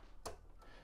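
The carriage locking lever on a Silhouette Cameo 4 cutting machine is undone to release and take out the installed number one blade holder. A single sharp click is heard at 0.3 s, and the blade holder is released.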